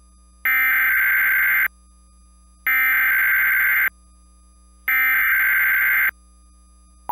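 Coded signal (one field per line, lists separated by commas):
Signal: Emergency Alert System (SAME) tones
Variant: header bursts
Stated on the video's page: Tornado warning relayed over the EAS on Comcast cable, during a small tornado outbreak in a metro area.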